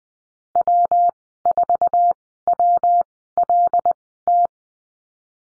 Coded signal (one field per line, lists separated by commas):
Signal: Morse code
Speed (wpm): 20 wpm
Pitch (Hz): 700 Hz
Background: none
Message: W4WLT